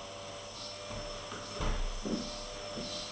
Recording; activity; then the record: daily activity, microphone in the room; vacuum cleaning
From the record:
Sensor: 4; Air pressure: 989.5 hPa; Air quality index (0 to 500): 216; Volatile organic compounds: 67 ppm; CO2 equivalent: 3493 ppm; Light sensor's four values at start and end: 26/90/33/35 and 26/90/33/35